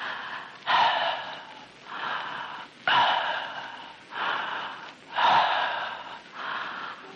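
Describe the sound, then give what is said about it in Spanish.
A person breathes deeply through the open mouth only, in a steady rhythm: about six airy inhales and exhales alternating over several seconds, each a rushing hiss rising and falling in loudness, with no talking. “Abra la boca y respire más o menos así.”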